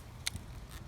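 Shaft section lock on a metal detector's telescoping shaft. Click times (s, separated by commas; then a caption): 0.3 s. A telescoping shaft section on a Nokta Makro Anfibio Multi metal detector is joined and its lock closed. A sharp, bright click at 0.3 s shows it locking in place, followed by a softer, low thud at about 0.4 s against a faint background hiss.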